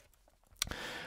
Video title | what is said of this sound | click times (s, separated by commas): Pagani Design PD-1692 V2 (Explorer Homage) 4K Watch Review | the flip lock also snaps up with a nice positive click so other than that the clasp is acceptable | 0.6 s